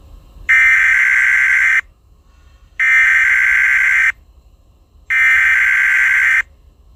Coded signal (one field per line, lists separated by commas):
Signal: Emergency Alert System (SAME) tones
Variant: header bursts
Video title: EAS SCENARIO 6: Derrick's Rampage